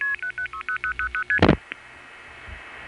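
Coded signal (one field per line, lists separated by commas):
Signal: multi-frequency trunk signalling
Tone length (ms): 90 ms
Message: 60000ST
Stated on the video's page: Long-distance telephone trunk signalling from the 1970s, heard via centralized intercept, an NX1 test board and NX1 tandem calls.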